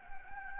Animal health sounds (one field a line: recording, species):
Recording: mosquito wingbeat signal from an infrared sensor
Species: Anopheles gambiae